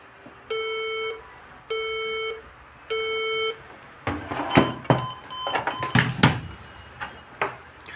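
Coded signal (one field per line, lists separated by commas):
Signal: beep code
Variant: HP desktop BIOS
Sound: three long electronic beeps, then handling clatter with possible faint short beeps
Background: handling noise, speech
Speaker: मैं इसे लगा रहा हूं और फिर भी सेम ही इशू आ रहा है इसमें। आप देखेंगे यहां पर।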